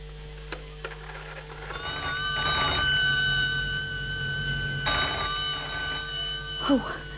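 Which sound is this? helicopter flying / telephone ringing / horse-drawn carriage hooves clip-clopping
telephone ringing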